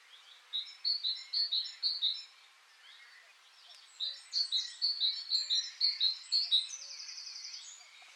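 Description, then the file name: Great tit delivering rapid runs of repeated ringing notes in two long bursts, followed by a brief trill, amid faint background bird chatter. "Parus major"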